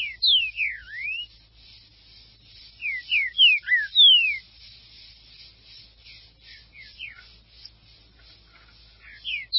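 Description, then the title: Green-winged saltator song: clear whistled notes sliding downward and a deep V-shaped swoop, then further bursts of short falling whistles after pauses. "Trinca Ferro"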